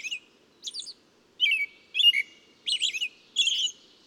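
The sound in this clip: Bird song: six short buzzy, warbling chirps, high-pitched and varied in shape, over a quiet low hum.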